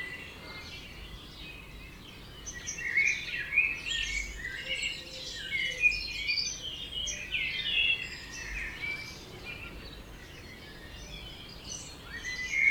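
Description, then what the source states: Birds singing together, dense overlapping high twitters and whistles rising and falling in waves, over constant background hiss. Dawn chorus recorded at 4am in Oberhofen, Inntal valley, Austria; binaural recording, best heard with headphones.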